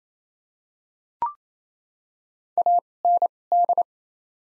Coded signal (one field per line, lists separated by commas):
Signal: Morse code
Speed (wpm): 27 wpm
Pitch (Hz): 700 Hz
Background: none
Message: A N D